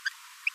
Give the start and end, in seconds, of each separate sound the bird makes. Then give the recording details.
0.05-0.09, 0.46-0.49. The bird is a female. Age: 21 days. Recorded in a nest box in Venezuela. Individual 17B42A4